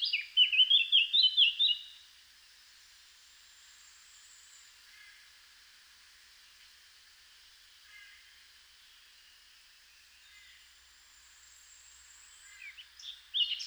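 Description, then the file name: Eurasian blackcap gives a brisk warbling phrase at the start, then near silence with faint notes, and a short burst of song returns at the end. "Sylvia atricapilla"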